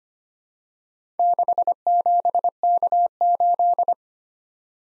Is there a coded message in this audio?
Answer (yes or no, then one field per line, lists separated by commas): yes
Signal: Morse code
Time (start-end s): 1.2-3.9 s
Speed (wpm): 25 wpm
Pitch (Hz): 700 Hz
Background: none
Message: 67K8